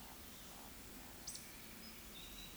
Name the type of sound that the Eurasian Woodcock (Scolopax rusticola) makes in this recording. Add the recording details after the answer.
whistle, croak. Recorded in Baden-Württemberg, Germany, on 16 June 2021 at 19:41 UTC. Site 18672, 474 m above sea level